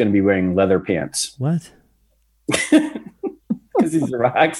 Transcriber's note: laugh